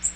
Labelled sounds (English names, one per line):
Magnolia Warbler flight call